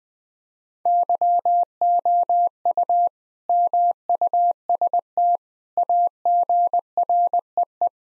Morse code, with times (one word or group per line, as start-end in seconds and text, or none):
0.9-3.1 YOU
3.5-5.4 MUST
5.8-7.9 AGREE